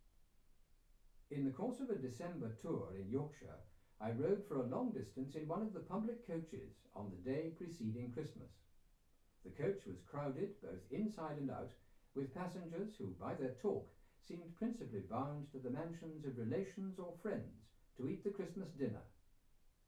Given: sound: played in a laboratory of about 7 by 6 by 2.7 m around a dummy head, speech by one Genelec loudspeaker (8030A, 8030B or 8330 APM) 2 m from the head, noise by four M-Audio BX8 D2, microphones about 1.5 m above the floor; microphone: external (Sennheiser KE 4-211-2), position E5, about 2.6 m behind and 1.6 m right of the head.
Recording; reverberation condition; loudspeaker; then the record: male speech in English; low; 90 degrees to the right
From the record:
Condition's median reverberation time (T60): about 310 ms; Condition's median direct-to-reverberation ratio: about 3.5 dB